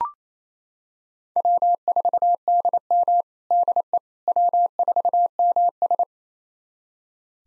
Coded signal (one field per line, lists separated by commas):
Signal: Morse code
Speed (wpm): 28 wpm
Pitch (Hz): 700 Hz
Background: none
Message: W4DM DE W4MS